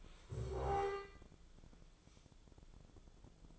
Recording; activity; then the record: daily activity, microphone in the room; stand up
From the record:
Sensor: 5